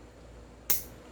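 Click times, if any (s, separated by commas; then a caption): none. A barrel-area part is turned to the left on a toy 1911 airsoft pistol to lock it in place. A quiet, steady background is broken by one sharp, bright snap at 0.7 s that fades over about a tenth of a second. The part does not lock, and nothing has seated or clicked yet.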